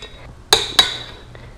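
A click-type torque wrench tightens the next nut on a new Vortex 43-tooth rear sprocket in a cross pattern, counted as number four. Two sharp metallic clicks ring out at 0.5 s and 0.8 s, followed by a faint tick near 1.4 s. The wrench clicks at its torque setting, confirming the nut is torqued.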